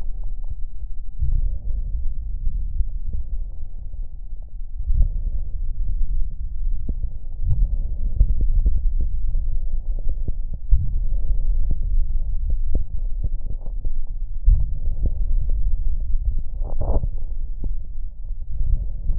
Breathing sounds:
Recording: lung sounds by stethoscope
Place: right anterior apical chest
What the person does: quiet breathing, then deep breathing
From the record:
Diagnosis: COPD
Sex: male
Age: 80 years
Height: 171 cm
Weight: 75 kg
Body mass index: 25.6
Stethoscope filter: extended mode

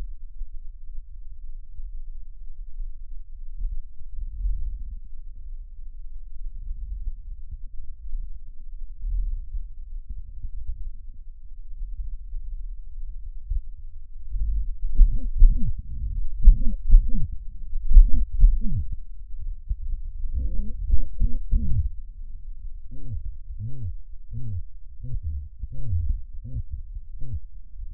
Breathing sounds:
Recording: lung sounds by stethoscope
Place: trachea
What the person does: quiet breathing, then cough and speech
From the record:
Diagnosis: COPD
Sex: male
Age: 70 years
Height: 170 cm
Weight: 74 kg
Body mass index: 25.6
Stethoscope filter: bell mode

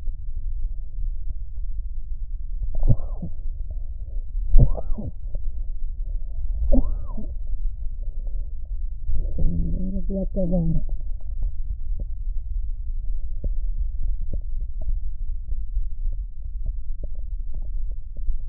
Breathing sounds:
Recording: lung sounds by stethoscope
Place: right posterior basal chest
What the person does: quiet breathing, then cough and speech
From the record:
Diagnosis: asthma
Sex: female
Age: 74 years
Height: 155 cm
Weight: 63 kg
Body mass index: 26.2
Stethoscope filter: extended mode

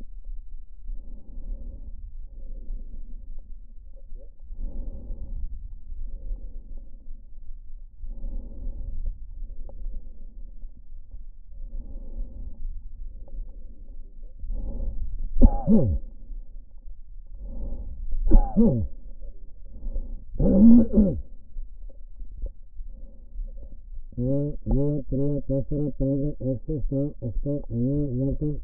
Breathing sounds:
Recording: lung sounds by stethoscope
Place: right anterior apical chest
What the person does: quiet breathing, then cough and speech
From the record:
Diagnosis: pulmonary infection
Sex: male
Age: 54 years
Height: 187 cm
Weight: 95 kg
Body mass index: 27.2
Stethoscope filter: diaphragm mode

